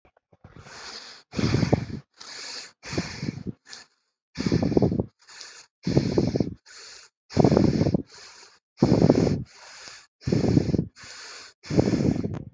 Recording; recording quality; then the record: shallow breathing; excellent, no background noise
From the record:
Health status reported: healthy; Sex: male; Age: 18 years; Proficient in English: yes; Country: India